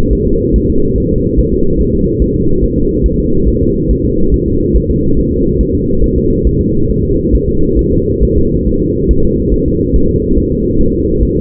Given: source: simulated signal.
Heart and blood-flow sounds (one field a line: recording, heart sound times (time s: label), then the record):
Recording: fetal heart sounds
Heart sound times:
0.13 s: S1
0.27 s: S2
0.56 s: S1
0.70 s: S2
0.98 s: S1
1.12 s: S2
1.39 s: S1
1.53 s: S2
1.81 s: S1
1.95 s: S2
2.22 s: S1
2.36 s: S2
2.64 s: S1
2.78 s: S2
3.06 s: S1
3.20 s: S2
3.48 s: S1
3.62 s: S2
3.91 s: S1
4.05 s: S2
4.34 s: S1
4.48 s: S2
4.76 s: S1
4.91 s: S2
5.19 s: S1
5.33 s: S2
5.61 s: S1
5.75 s: S2
6.04 s: S1
6.18 s: S2
6.47 s: S1
6.61 s: S2
6.91 s: S1
7.04 s: S2
7.35 s: S1
7.49 s: S2
7.79 s: S1
7.93 s: S2
8.23 s: S1
8.38 s: S2
8.67 s: S1
8.81 s: S2
9.11 s: S1
9.25 s: S2
9.54 s: S1
9.68 s: S2
9.96 s: S1
10.10 s: S2
10.38 s: S1
10.53 s: S2
10.81 s: S1
10.95 s: S2
11.23 s: S1
11.37 s: S2
From the record:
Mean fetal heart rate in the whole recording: 140 bpm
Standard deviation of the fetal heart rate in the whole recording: 2 bpm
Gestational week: 34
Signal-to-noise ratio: -16.4 dB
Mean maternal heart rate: 72 bpm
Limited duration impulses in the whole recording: present